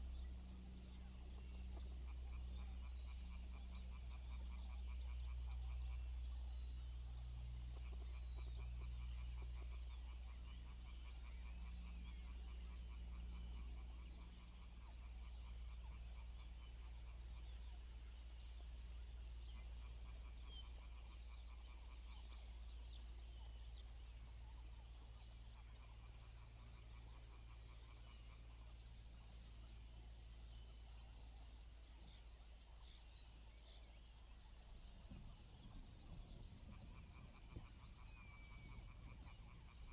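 An evening in a clay pit: a dense, unbroken chorus of high chirping and trilling calls fills the whole 40 seconds. A low engine-like hum drones underneath for the first fourteen seconds, then fades, and a rougher low rumble rises near the 35-second mark.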